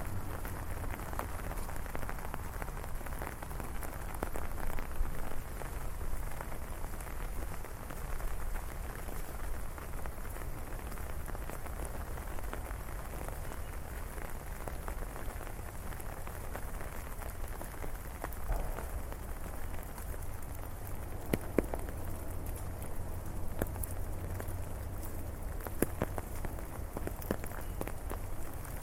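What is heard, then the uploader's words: Heavy rain falls in a dense, unbroken hiss for the whole clip, with drops smacking a hard surface every second or so. A steady low rumble sits underneath, and the level stays even throughout. Thunderstorm in the City Ambient ASMR. The rain is falling down heavily and the thunder is echoing in the background.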